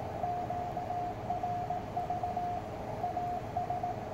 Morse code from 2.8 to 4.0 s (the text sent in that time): AS